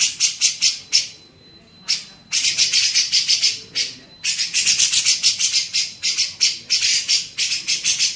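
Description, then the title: Grey-cheeked bulbul giving rasping, rapid chatter in irregular bursts, with a quiet gap early on and a faint steady whine. Masteran training song used to teach songbirds. "MASTERAN CUCAK JENGGOT"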